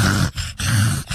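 A person imitating a dog's reverse sneezing: two low, rough, snorting inhalations with grunting bursts.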